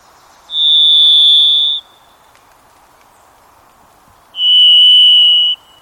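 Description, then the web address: Varied Thrush song: a long, steady whistled tone, a pause of about two and a half seconds, then another held note at a lower pitch. Moist Pacific Northwest forest; overtones turn its single note into a delicate minor chord; lowland conifer forests of the Puget Sound region; few heard in urban and suburban habitats. "Birdnote. The Secretive Varied Thrush"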